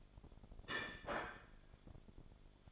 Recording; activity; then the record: daily activity, microphone in the room; place plate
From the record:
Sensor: 5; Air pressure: 1004.4 hPa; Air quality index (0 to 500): 168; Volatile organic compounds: 4 ppm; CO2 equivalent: 1577 ppm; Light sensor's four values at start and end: 17/40/15/14 and 17/40/15/14